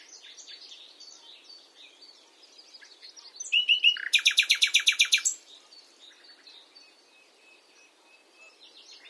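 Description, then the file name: Common nightingale song phrase: a sudden burst of fast, sharp repeated notes for about a second, framed by faint bird chatter. "Luscinia megarhynchos"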